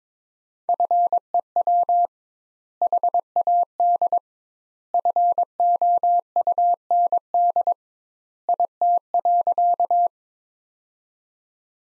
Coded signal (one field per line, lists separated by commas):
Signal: Morse code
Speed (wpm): 21 wpm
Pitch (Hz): 700 Hz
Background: none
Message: FEW HAD FOUND IT.